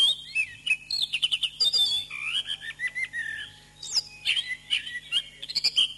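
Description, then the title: Thrush singing a continuous medley of warbled whistles, trills and clicking notes, with some lower slurred phrases in the middle and quick twittering throughout. "Suara Burung Anis"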